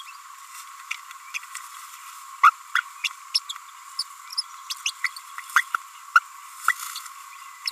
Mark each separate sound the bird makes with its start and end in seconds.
0.91-0.93, 1.34-1.38, 2.43-2.50, 2.75-2.78, 3.34-3.37, 3.49-3.53, 3.99-4.03, 4.37-4.43, 4.70-4.74, 4.86-4.91, 5.04-5.08, 5.16-5.18, 5.56-5.61, 6.15-6.19, 6.68-6.72, 7.67-7.70